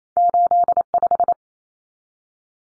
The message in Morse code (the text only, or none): 85